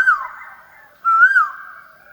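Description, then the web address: Asian koel call, two loud whistled notes, each rising then dropping away, about one second apart. "Asian Koel Bird"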